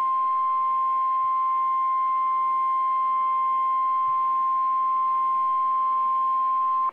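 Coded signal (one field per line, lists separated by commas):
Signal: Emergency Alert System (SAME) tones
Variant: 1050 Hz attention tone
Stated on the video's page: Severe thunderstorm alert received from NOAA Weather Radio transmitter in Spokane, Washington.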